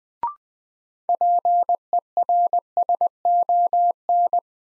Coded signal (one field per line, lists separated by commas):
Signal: Morse code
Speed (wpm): 20 wpm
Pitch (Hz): 700 Hz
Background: none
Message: PERSON